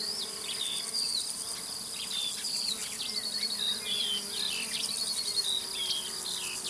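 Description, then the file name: Crickets produce a continuous, thin, high buzz as larks sing lively streams of short whistles and chirps. Field ambience with crickets and larks. "Sounds from a Field Larks and Crickets"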